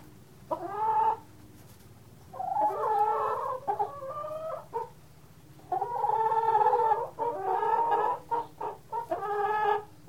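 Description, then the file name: Chicken clucking in irregular bursts, nasal harmonic clucks and drawn-out cackling notes with short pauses between groups, over a faint low hum. "Sound Ideas 2000 Series. Chicken Cluck"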